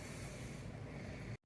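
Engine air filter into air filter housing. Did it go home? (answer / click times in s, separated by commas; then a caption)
no / none. A new washable engine air filter is handled and pressed toward the air filter housing (airbox) of a Jeep Wrangler 4xe. Steady broadband hiss with low rumble runs for about 1.4 seconds, then drops abruptly to near silence before rising again at the end. Nothing has seated or clicked yet.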